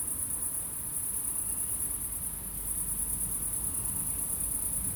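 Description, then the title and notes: Crickets trilling in fast pulses, high and shimmering, easing slightly midway, with low vehicle rumble below. Crickets recorded at night in Aveize, France, with a few cars in the distance; captured with DPA-2006c microphones in AB position on a Mixpre-3 recorder. "69610 Aveize, France - Grillons - Crickets. Grillons la nuit, quelques voitures dans le lointain. Crickets at night, cars in the distance"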